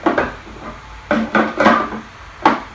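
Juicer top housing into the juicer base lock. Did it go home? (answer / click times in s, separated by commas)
yes / 2.5 s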